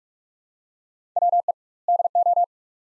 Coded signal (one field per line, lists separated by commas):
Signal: Morse code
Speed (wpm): 43 wpm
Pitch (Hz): 700 Hz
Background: none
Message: WE DO